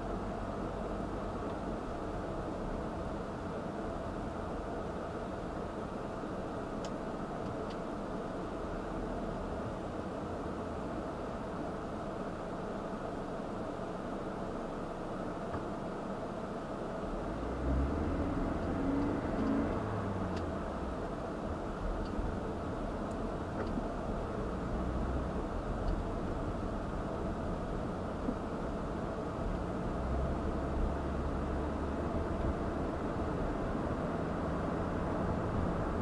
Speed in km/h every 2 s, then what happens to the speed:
11, 10, 6, 0, 8, 0, 0, 0, 0, 29, 31, 24, 26, 23, 26, 34, 42, 55.
0-5 slows to 0. 5-7 standing. 10-16 standing. 16-20 pulls away to 31. 20-22 brakes to 24. 22-28 steady at about 24. 28-36 speeds up to 55.